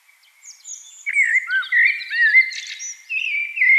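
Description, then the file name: Eurasian blackbird song, a flowing run of fluty, slurred whistles with scratchy high twitters mixed in, growing louder after the first second. "Turdus merula"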